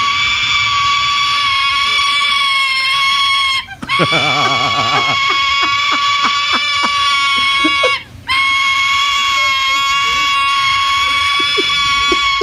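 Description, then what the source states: Sulphur-crested cockatoo begging, loud harsh continuous screeching with rich harmonics, broken by two short pauses, with rapid wavering notes just after the first pause. Juvenile, hungry; the sound made when it wants to be fed.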